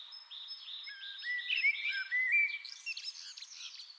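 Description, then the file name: Common blackbird song, a run of short whistled notes that slide into busy high twittering. "Turdus merula"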